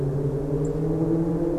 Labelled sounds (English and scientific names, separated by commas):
Song Thrush (Turdus philomelos)